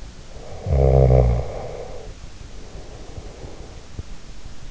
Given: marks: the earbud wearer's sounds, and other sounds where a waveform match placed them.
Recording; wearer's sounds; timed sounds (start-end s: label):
sounds in sleep by an in-ear microphone; snoring breath
0.21-3.82 s: snoring breath